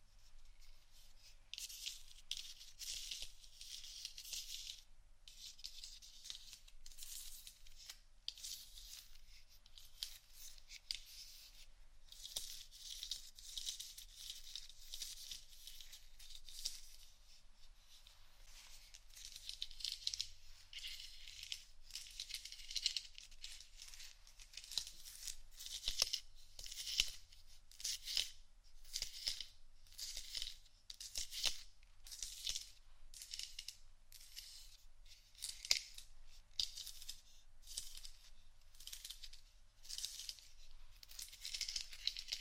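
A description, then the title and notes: Scratching and tapping on various items, a steady run of dry, bright scrapes and light clicks that keeps going without pause for the whole clip. The strokes come in quick bursts, sometimes crinkly or tearing in texture, over a faint low hum. ASMR Scratchtap On Various Items （No Talking）.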